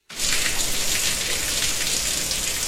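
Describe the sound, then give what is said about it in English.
Bacon sizzles steadily and spits in a pan on a Sunday morning: a dense, high-pitched hiss full of tiny crackles and pops, starting abruptly and staying loud and even throughout, with no voices. “Wait, no, that's bacon, and it's spitting all over your PJs.”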